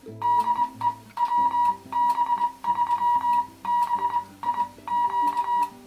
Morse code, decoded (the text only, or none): DE WB3BIQ